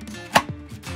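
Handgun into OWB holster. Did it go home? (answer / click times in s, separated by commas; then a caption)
yes / 0.4 s. A handgun is pushed into a molded outside-the-waistband holster, giving one loud, sharp click at 0.4 s over a quiet background with a softer knock just after. The gun is seated and held secure by the holster's retention.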